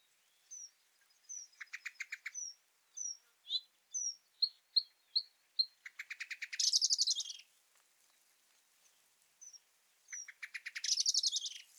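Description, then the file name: Common blackbird calls: a stuttering run of dry clicks and thin high notes, then two harsh, scratchy, rattling chatters a few seconds apart. "Turdus merula"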